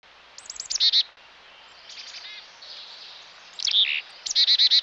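Chickadee-type calls, quick high chips and buzzy repeated dee notes in short bursts, over a steady background hiss.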